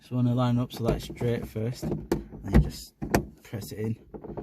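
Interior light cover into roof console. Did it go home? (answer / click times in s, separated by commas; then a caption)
no / none. Someone talks while the plastic cover of the front interior light console on a 2008 Vauxhall Astra H MK5 is lined up straight and pressed back into the roof lining. Two faint, brief sounds occur near 4.2 and 4.4 seconds, but the cover has not seated or clicked into place yet.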